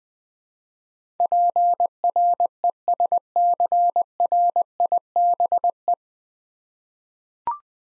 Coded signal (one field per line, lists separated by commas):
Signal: Morse code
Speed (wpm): 20 wpm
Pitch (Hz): 700 Hz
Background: none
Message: PRESCRIBE